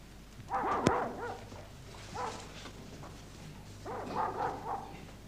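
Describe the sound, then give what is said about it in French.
Dogs bark in three separate flurries of yelping, mid-pitched barks, with pauses between them, over a steady low hum and one sharp click early on. “Ce sont les chiens qui sont en train de voler.”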